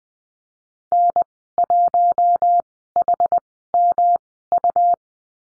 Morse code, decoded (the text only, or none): N1HMU